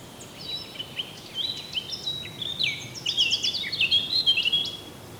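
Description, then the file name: Eurasian blackcap giving a rapid, scratchy warble of high, varied notes that grows busier and louder toward the end over a steady low hiss. "Sylvia atricapilla"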